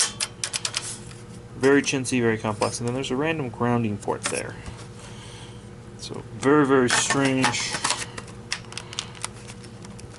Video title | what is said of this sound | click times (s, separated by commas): Shark Vacuum Vs Dyson Why not to Buy Either! | No positive click, it just sits in there. | none